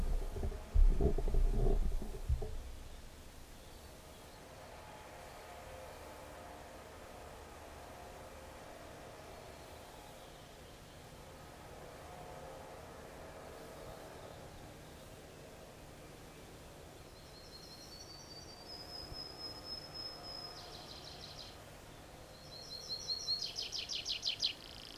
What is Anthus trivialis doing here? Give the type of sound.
song